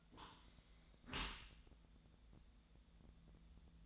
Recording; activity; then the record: daily activity, microphone in the room; close dishwasher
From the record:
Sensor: 3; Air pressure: 1000.5 hPa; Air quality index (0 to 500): 174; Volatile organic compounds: 3 ppm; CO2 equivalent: 1506 ppm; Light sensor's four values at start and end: 15/39/16/17 and 15/39/16/17